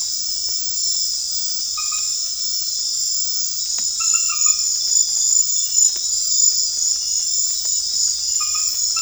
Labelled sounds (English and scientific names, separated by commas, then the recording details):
none
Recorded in secondary vegetation near Puerto Asís, Putumayo, Colombia, on 28 February 2025 at 22:30
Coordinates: 0.484, -76.319
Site G010